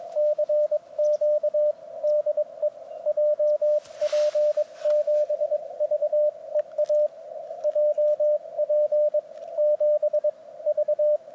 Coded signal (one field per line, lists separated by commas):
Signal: Morse code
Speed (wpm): 22 wpm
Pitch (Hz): 600 Hz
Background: radio noise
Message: CQ DE JP7VEA JP7V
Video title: お昼休み 河川敷プチ移動運用(その2) 上岡沙織さん JP7VEA局とCW交信 CQ ham radio CW運用 入門編 連載中 15WPM 2022/02/09 アマチュア無線 VLOG 47